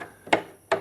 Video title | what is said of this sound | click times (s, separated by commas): Installing the Youthman WALL OF SOUND Outdoor Speaker System from OSD Audio | okay you hear how that clicked that's a good indication that it's in the right spot | 0.3 s, 0.7 s